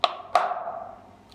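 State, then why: Seated. The long end of a flow meter disc is pushed into the measurement chamber of a VO2 max metabolic cart. Two sharp clicks ring out at 0.0 s and 0.4 s, the second trailing off in a resonant ring, followed by a faint tick near 1.3 s. The disc is seated in the chamber.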